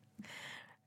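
A single short, breathy, hissing intake of air lasting about half a second, rising to a harsh high-pitched rush. It is an adult's imitation of the whooping cough whoop, the high-pitched sound made through tightened, swollen airways during coughing fits, and not an exact likeness.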